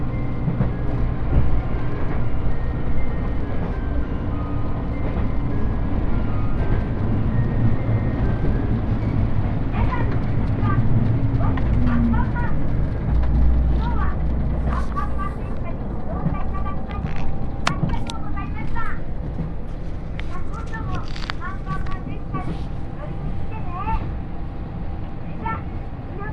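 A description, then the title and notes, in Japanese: Inside the Yosan Line limited express Uwakai No. 5, running from Iyo-Ozu to Uwajima, a steady low rumble and rattle fill the whole clip. Soft voices murmur throughout, with brief clicks and squeaks scattered over the second half and a faint tone sustained near the end. 予讃線特急宇和海5号 伊予大洲→宇和島。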